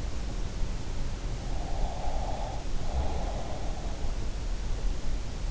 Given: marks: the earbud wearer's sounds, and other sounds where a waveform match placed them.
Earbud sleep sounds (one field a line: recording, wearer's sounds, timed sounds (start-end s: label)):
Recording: sounds in sleep by an in-ear microphone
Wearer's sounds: breath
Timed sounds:
1.53-3.72 s: breath